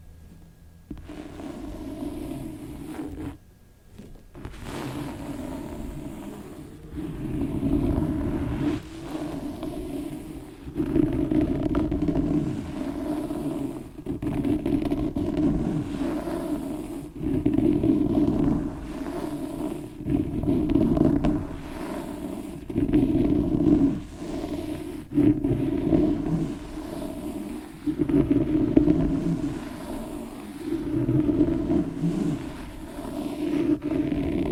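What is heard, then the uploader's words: Scratching on a book fills the recording, a rough, dense rasp that swells and fades in repeated strokes every second or two. The sound sits low and rough, with a brief near-silent break around four seconds and steady scratching throughout the rest. ASMR book scratching.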